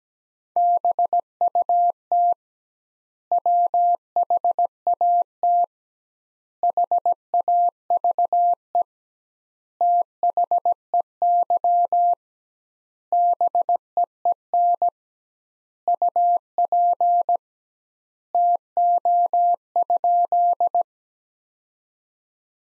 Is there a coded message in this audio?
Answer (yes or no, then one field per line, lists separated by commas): yes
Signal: Morse code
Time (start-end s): 0.6-20.8 s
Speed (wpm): 17 wpm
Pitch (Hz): 700 Hz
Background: none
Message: BUT WHAT HAVE THEY BEEN UP TO?